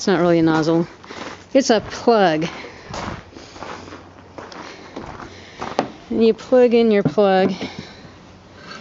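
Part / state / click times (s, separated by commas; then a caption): EV charging connector into vehicle charge port / seated / 5.8 s. Someone talks while pushing an EV charging plug into an electric car's charge port until it latches. Faint taps lead up to a sharp click at 5.8 s, and the plug is seated.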